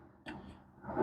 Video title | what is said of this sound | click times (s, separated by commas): Awesome Portable Camp Table! Quick Setup! | It should just snap into place. | 0.3 s